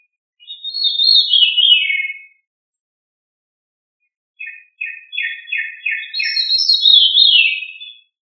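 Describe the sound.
Thrush singing: a descending run of quick high notes, a pause, then a series of repeated chirping notes followed by another falling high phrase.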